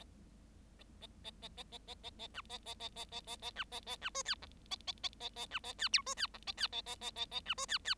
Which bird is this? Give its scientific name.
Lonchura striata domestica